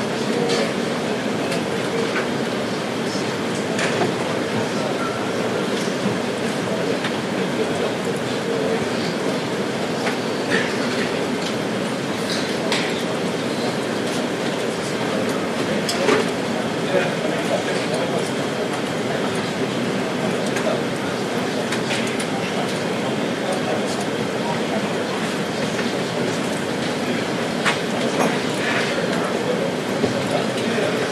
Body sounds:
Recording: background sound without coughing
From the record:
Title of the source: Office Sounds Ambience - Background Noise for Study and Work

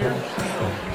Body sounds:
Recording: coughing mixed with background sound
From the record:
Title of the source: Mid-morning Winter Coughing Fit

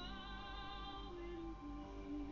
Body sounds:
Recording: background sound without coughing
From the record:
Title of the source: BackgroundMusic4

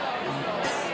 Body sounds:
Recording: coughing mixed with background sound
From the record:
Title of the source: 34 coughing up crap again

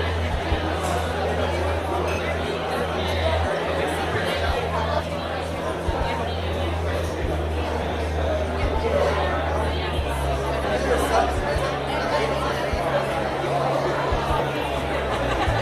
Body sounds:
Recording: background sound without coughing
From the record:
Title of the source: CITY SOUNDS Busy Bar in the Evening Night - 2 HOURS of Ambiance for Relaxation

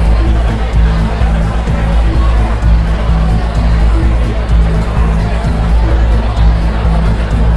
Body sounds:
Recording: background sound without coughing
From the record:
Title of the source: Party Noise 1 Hour Party Ambience

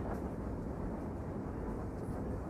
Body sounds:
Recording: background sound without coughing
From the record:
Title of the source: Train Ride Ambience ambient white noise for sleeping, focus, studying, reading

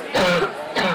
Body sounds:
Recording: coughing mixed with background sound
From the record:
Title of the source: Barking cough - # 10

